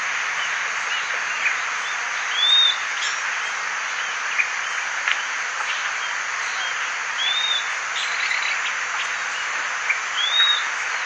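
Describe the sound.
Bird uttering high, arched whistled notes, about three spaced throughout, beneath a strong continuous hiss.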